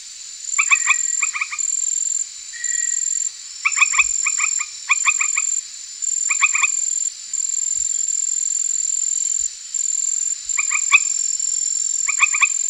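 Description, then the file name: Granular tree frog calling in short clusters of three or four rapid pulsed notes, repeated every second or two, over a steady high-pitched insect whine. "Hyla granosa"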